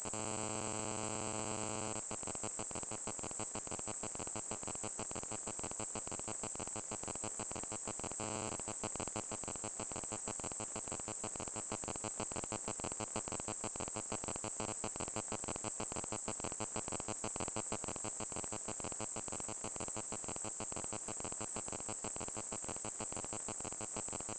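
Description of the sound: A constant, very high-pitched ringing tone runs unchanged through the whole clip beneath a fast, regular buzzing pulse. It is a simulated tinnitus sound, imitating the phantom ringing heard in the ears without an outside source.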